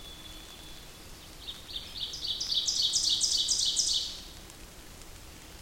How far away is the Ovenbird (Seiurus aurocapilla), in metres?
about 20 m